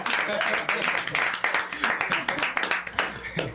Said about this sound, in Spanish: ¡Aplóbala! ¡Hay que aplaudirle más!